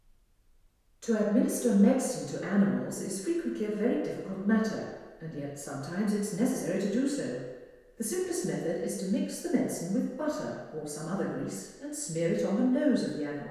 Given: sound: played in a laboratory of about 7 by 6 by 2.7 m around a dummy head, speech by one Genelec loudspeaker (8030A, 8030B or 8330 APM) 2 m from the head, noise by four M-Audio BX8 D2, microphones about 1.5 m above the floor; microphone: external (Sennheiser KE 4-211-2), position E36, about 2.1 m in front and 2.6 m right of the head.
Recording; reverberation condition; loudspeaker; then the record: female speech in English; high; 90 degrees to the left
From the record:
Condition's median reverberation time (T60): about 1300 ms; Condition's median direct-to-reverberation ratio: about -4.0 dB